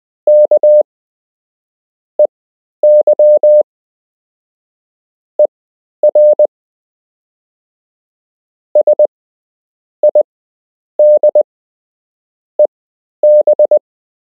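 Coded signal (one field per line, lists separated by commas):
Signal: Morse code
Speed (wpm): 20 wpm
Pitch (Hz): 600 Hz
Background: none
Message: KEYER SIDEB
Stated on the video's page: Beginner's Morse code lesson with a structured lesson plan, part 5 of 8.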